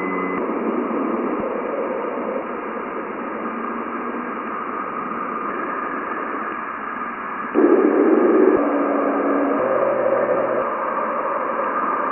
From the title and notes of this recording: NASA’s Juno spacecraft has observed plasma wave signals from Jupiter’s ionosphere. The actual observed frequencies of these emissions approach 150 kHz, which is above the human hearing range. To bring these signals into the human audio range, the playback speed has been slowed by a factor of about 60. Plasma Sounds at Jupiter.